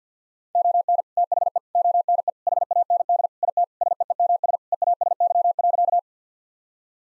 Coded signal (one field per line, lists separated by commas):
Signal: Morse code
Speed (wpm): 50 wpm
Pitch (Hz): 700 Hz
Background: none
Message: ON THE ONE HAND IT SEEMS EASY.